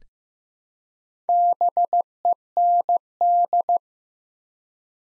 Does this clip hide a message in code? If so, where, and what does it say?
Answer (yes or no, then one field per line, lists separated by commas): yes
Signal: Morse code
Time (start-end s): 1.3-3.8 s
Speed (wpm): 15 wpm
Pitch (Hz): 700 Hz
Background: none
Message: BEND